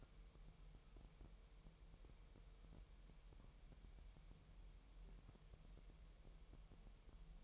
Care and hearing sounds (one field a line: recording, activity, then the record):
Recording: daily activity, microphone in the room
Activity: wipe stove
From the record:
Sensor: 1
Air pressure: 1001.0 hPa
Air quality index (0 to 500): 249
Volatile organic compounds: 149 ppm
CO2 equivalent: 4016 ppm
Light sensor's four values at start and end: 13/31/13/14 and 13/31/13/14